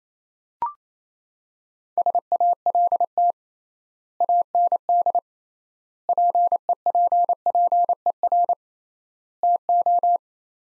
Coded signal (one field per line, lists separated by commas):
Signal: Morse code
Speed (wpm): 27 wpm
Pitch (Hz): 700 Hz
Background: none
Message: SALT AND PEPPER TO